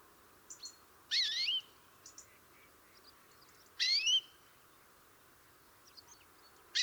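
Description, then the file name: European greenfinch calls: strident, high, swooping notes about two and a half seconds apart, with scattered faint thin chirps between them. "Chloris chloris"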